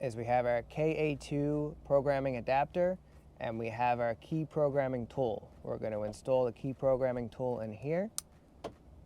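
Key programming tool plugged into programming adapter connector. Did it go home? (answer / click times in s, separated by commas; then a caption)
yes / 8.6 s. Someone talks while holding a KA2 programming adapter and a key programming tool for a 2022+ Ultra 310, then plugs the key programming tool into the adapter's connector. A single sharp click at 8.7 s shows the connector has seated.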